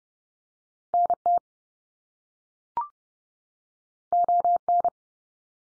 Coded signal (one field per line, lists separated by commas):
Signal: Morse code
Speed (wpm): 30 wpm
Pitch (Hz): 700 Hz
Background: none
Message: NT ON